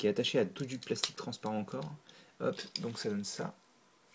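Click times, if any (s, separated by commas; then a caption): none. Someone talks while handling a plastic Transformers Age of Extinction Crosshairs robot figure, returning it to car mode by fitting a small plastic clip toward a small barrel-shaped peg on the car-mode body. Speech fills most of the clip, then it falls quiet from about 3.5 s. Nothing has seated or clicked yet.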